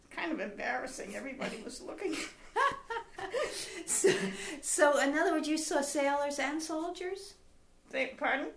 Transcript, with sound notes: Kind of embarrassing. Everybody was looking. [Laughs]
So in other words, you saw sailors and soldiers?
Beg pardon?